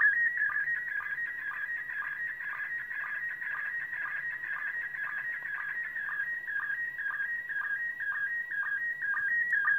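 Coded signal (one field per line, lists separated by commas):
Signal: SSTV (slow-scan television)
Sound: warbling, chirpy tone shifting in pitch, with a regular short low blip about twice a second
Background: faint radio hiss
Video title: ISS SSTV 20 Years ARISS Part 6! 27.12.2020!🎅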